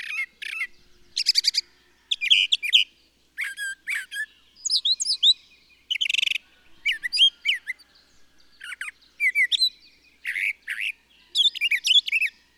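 Bird song of high twittering in quick successive phrases, with trills and swooping whistled notes.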